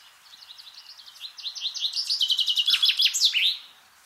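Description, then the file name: Common chaffinch song: a quiet run of notes builds into a loud, quick trill, ending in a sharp flourish. "Fringilla coelebs"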